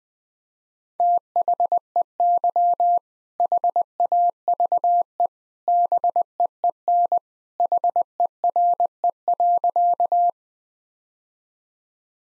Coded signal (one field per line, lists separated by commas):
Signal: Morse code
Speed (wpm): 21 wpm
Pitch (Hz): 700 Hz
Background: none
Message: THEY HAVE BEEN HERE.